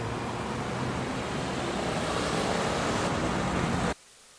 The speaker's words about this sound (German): Dämmerig ist es geworden. In vorsichtigem Glanz bewegen sich die Busse.